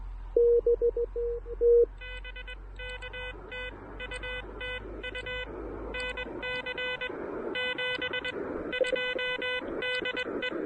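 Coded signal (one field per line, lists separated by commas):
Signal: Morse code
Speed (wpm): 21 wpm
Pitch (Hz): 2000 Hz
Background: music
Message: BK TU TU NC 72 DE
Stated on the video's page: QRP Parks on the Air activation in a national forest using an Elecraft KH1 with an end-fed half-wave antenna.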